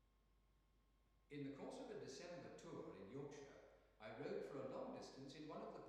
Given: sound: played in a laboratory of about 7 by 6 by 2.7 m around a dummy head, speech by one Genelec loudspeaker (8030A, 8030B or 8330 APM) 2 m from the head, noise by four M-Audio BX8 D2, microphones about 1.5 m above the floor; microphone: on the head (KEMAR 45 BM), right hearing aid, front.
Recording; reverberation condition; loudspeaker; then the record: male speech in English; high; in front (0 degrees)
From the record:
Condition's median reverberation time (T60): about 1300 ms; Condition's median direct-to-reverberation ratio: about -4.0 dB